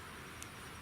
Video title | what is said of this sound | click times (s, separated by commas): Recommend AstroAI 250 PSI Digital Tire Pressure Gauge Chuck and Inflator Review How to Use | and you let go and it locks into place um | 0.4 s